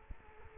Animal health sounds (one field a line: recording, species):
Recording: mosquito wingbeat signal from an infrared sensor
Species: Culex quinquefasciatus